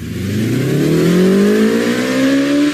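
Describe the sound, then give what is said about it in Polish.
A motorcycle engine revs hard as its rider shows off on Podwale street in Warsaw's Old Town during the motorcycle season opening, its pitch climbing in steady rising harmonics over nearly three seconds, loud and continuous with no voices. “Ryk silnika, potem iskry, dym i leżący na ziemi pojazd.”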